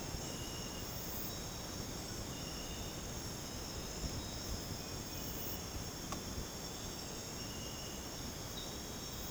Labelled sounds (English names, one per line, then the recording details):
none
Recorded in dense forest near Puerto Asís, Putumayo, Colombia, on 13 March 2025 at 02:00
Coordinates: 0.486, -76.317
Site G053